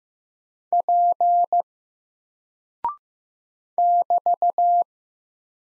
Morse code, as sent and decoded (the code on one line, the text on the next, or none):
.--. / -...-
P <BT>